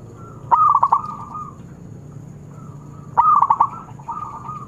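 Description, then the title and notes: Zebra dove singing two short phrases of rapid, stuttering coo notes about two and a half seconds apart over a soft background hum. Long-duration lure recording of an actively singing zebra dove (perkutut). "Pancingan Perkutut Durasi Panjang. Suara Burung Perkutut Gacor"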